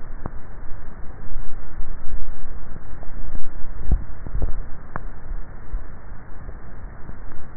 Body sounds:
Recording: swallowing sounds by neck microphone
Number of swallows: 1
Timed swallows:
3.72-4.65 s: swallow
From the record:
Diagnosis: dysphagia

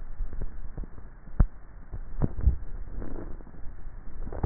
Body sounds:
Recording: swallowing sounds by neck microphone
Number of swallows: 1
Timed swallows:
2.18-3.22 s: swallow
From the record:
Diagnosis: dysphagia

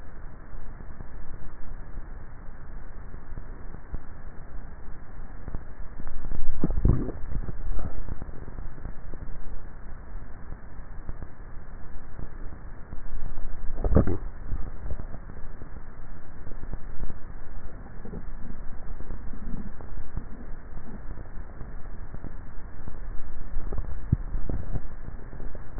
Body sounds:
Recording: swallowing sounds by neck microphone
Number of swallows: 3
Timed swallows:
6.53-7.60 s: swallow
13.70-14.67 s: swallow
23.53-24.40 s: swallow
From the record:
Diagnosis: dysphagia

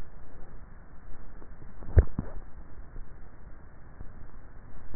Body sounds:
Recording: swallowing sounds by neck microphone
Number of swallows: 1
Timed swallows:
1.72-2.78 s: swallow
From the record:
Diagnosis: dysphagia

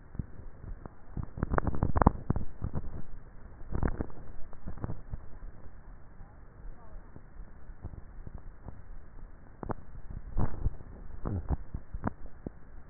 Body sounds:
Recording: swallowing sounds by neck microphone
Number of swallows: 1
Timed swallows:
10.38-11.22 s: swallow
From the record:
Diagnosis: dysphagia

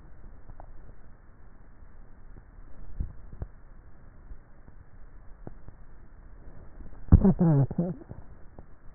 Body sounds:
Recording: swallowing sounds by neck microphone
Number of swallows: 1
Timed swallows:
2.85-3.72 s: swallow
From the record:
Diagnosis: dysphagia

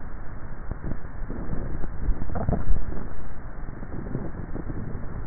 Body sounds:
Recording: swallowing sounds by neck microphone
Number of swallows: 1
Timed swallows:
1.95-2.92 s: swallow
From the record:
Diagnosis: dysphagia

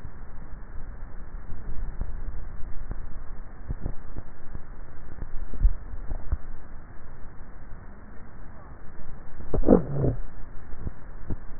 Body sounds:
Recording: swallowing sounds by neck microphone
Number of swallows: 1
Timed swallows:
5.45-6.22 s: swallow
From the record:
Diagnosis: dysphagia

